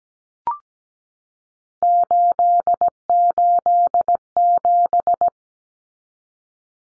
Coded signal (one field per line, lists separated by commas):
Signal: Morse code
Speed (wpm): 17 wpm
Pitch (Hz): 700 Hz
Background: none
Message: 887